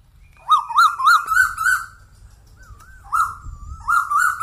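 Bird song: a quick sequence of rich, wavering notes, a soft wavy whistle, then two more loud harmonic notes.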